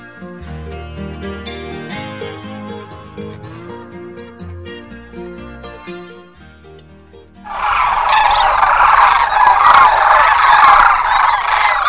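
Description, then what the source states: Sandhill cranes calling in a flock, a dense, loud chorus that bursts in after several seconds of music and continues to the end. Recording brought to a radio station that morning and played back on air.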